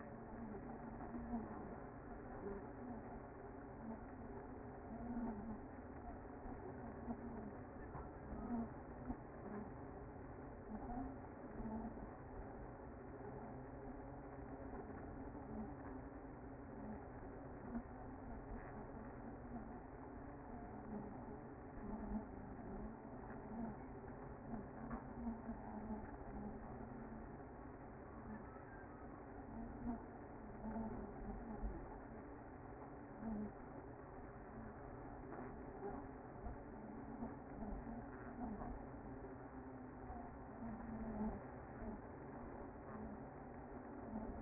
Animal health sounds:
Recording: honeybee colony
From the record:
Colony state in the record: active

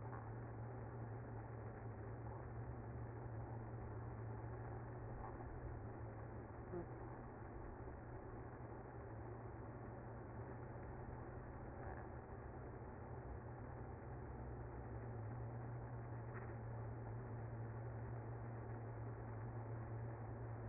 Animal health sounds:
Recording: honeybee colony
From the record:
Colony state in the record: active

